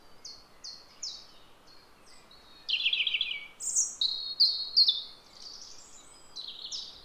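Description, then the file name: European robin song: thin, high warbling phrases of short sliding notes, some lower rich trills, varied and quick, over a steady low background hiss. "Rougegorge familier Erithacus rubecula"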